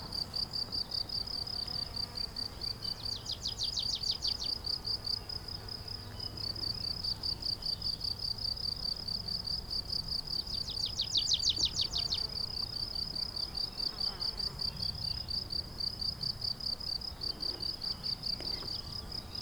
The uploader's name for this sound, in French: Pelouses Calcaires